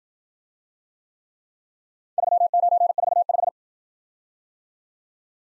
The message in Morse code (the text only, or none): 3945